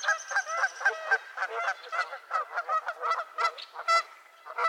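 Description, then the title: Goose: geese calling in a dense, continuous clamour, rapid overlapping nasal honks from several birds with barely a pause between them. Geese squabbling at Miner's Marsh, Annapolis Valley, Nova Scotia. "Theraphonia - Geese at Miner's Marsh"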